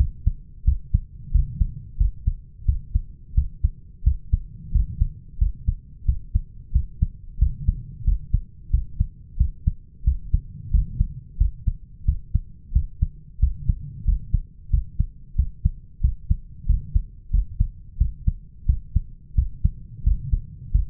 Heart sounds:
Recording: heart sounds by stethoscope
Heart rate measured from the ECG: 90 bpm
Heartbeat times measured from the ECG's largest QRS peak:
0.67 s: heartbeat
1.34 s: heartbeat
1.99 s: heartbeat
2.67 s: heartbeat
3.36 s: heartbeat
4.06 s: heartbeat
4.74 s: heartbeat
5.40 s: heartbeat
6.07 s: heartbeat
6.74 s: heartbeat
7.41 s: heartbeat
8.06 s: heartbeat
8.73 s: heartbeat
9.39 s: heartbeat
10.06 s: heartbeat
10.73 s: heartbeat
11.40 s: heartbeat
12.07 s: heartbeat
12.75 s: heartbeat
13.42 s: heartbeat
14.07 s: heartbeat
14.72 s: heartbeat
15.38 s: heartbeat
16.03 s: heartbeat
16.68 s: heartbeat
17.33 s: heartbeat
18.00 s: heartbeat
18.68 s: heartbeat
19.37 s: heartbeat
20.06 s: heartbeat
20.74 s: heartbeat
From the record:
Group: healthy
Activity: rest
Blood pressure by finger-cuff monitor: 136/84 mmHg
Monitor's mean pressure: 102 mmHg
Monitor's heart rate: 90 bpm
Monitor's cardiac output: 7.3 L/min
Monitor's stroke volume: 82 mL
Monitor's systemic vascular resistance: 1020 dyn s/cm5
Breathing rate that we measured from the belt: 19 breaths a minute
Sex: male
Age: 21 years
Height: 175 cm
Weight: 72.6 kg

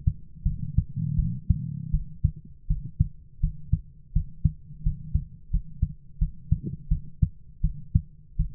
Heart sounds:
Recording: heart sounds by stethoscope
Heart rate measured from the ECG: 83 bpm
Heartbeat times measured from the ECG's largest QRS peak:
0.44 s: heartbeat
1.16 s: heartbeat
1.91 s: heartbeat
2.68 s: heartbeat
3.41 s: heartbeat
4.13 s: heartbeat
4.83 s: heartbeat
5.51 s: heartbeat
6.19 s: heartbeat
6.89 s: heartbeat
7.61 s: heartbeat
8.37 s: heartbeat
From the record:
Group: healthy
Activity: rest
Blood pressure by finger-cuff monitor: 141/86 mmHg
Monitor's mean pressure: 103 mmHg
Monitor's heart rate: 86 bpm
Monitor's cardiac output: 7.5 L/min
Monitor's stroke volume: 87 mL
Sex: female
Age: 22 years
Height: 161 cm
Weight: 65.5 kg

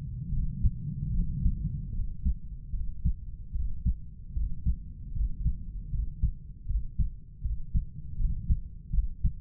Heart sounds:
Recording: heart sounds by stethoscope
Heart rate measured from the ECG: 77 bpm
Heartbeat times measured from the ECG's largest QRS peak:
0.33 s: heartbeat
1.14 s: heartbeat
1.94 s: heartbeat
2.74 s: heartbeat
3.55 s: heartbeat
4.36 s: heartbeat
5.16 s: heartbeat
5.93 s: heartbeat
6.69 s: heartbeat
7.45 s: heartbeat
8.20 s: heartbeat
8.94 s: heartbeat
From the record:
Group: healthy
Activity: cold pressor test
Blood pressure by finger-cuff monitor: 149/103 mmHg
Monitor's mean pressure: 114 mmHg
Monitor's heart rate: 75 bpm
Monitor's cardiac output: 7.7 L/min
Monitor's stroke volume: 104 mL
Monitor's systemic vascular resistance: 1130 dyn s/cm5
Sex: male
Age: 30 years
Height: 188 cm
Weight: 110.2 kg

